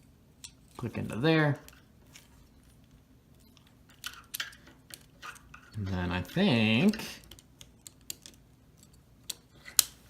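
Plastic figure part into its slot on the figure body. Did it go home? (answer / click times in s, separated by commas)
yes / 9.8 s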